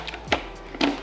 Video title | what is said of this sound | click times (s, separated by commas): How to make a Minty Blackberry Smoothie in a Vitamix Blender! - Recipe Video | let's lock our lid into place | 0.3 s